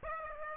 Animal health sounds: mosquito wingbeat signal from an infrared sensor; Aedes aegypti

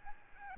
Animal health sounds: mosquito wingbeat signal from an infrared sensor; Aedes albopictus

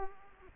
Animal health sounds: mosquito wingbeat signal from an infrared sensor; Culex quinquefasciatus

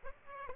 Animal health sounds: mosquito wingbeat signal from an infrared sensor; Aedes aegypti

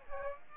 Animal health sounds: mosquito wingbeat signal from an infrared sensor; Aedes aegypti

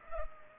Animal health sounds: mosquito wingbeat signal from an infrared sensor; Culex pipiens

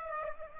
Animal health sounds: mosquito wingbeat signal from an infrared sensor; Aedes aegypti

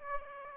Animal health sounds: mosquito wingbeat signal from an infrared sensor; Aedes aegypti

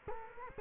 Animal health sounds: mosquito wingbeat signal from an infrared sensor; Culex quinquefasciatus

